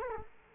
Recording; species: mosquito wingbeat signal from an infrared sensor; Culex quinquefasciatus